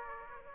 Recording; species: mosquito wingbeat signal from an infrared sensor; Aedes aegypti